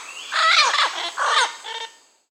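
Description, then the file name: Yellow-crowned parrot giving harsh, raspy squawks in three quick bursts, the first longest. Recorded in Peru, Amazon region. "Yellow-crowned Parrot (Amazona ochrocephala), Peru"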